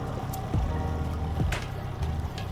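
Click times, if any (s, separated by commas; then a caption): none. A fishing rig component is handled and slid inside its head piece, with brief sharp handling taps at about 0.3, 1.5 and 2.4 seconds over a steady low, music-like tonal background. Nothing has seated or clicked into place yet.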